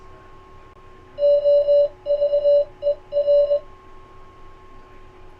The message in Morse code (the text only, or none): OVER